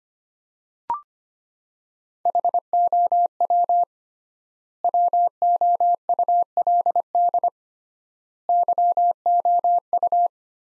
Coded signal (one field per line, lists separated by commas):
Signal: Morse code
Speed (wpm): 25 wpm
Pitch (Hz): 700 Hz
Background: none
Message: HOW WOULD YOU